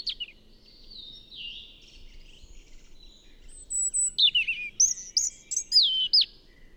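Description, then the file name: European robin song: soft thin whistled notes at first, then a clearer sequence of sweet, sharply falling and rising high notes given in quick succession. "Erithacus rubecula"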